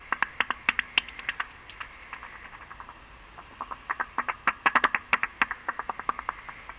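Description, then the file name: Bat clicks, short sharp ticks in uneven bursts, several per second, pausing briefly near the middle, over a steady faint hiss. "Fledermaus"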